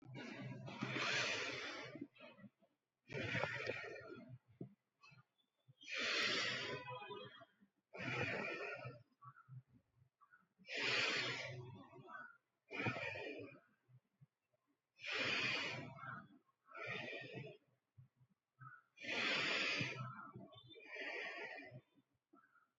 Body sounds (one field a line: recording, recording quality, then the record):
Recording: deep breathing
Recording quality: excellent, no background noise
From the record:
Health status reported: respiratory illness, not identified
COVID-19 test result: negative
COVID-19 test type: RT-PCR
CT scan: not taken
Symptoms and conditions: cold, asthma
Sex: male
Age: 23 years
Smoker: no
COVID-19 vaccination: one dose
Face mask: not worn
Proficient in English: yes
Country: India